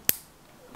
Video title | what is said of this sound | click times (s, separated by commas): The IDEAL Gen II Lever Wire Connectors - Product Review | completely locked into place | 0.1 s